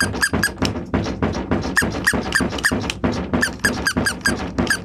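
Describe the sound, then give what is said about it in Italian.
Construction banging in a steady, rapid series of sharp knocks, like someone pounding on a door, each hit carrying a squeaky, ringing edge. No voices are heard. “Ah, ma sono i lavori.”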